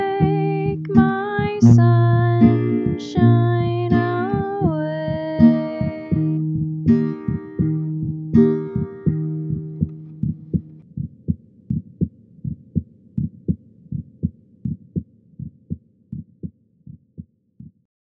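Adult heartbeat, about 80 beats per minute, mixed with sustained musical tones that stop partway through, leaving the heartbeat alone to the end.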